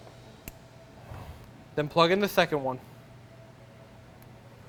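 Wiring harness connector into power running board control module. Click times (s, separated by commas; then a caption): 0.5 s. A wiring harness connector is pushed into the AMP Research power running-board control module under the hood of a Ford F150 during a Plug-N-Play PowerStep XL with LED Lighting install. It seats with a sharp, short click at 0.5 s, followed by someone talking and a fainter tick at 4.2 s.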